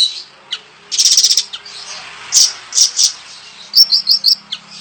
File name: suara burung bayeman